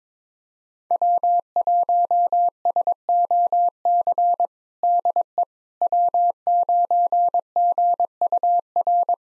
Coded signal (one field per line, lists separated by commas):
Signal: Morse code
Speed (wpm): 22 wpm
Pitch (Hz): 700 Hz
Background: none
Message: W1SOC DE W9GUR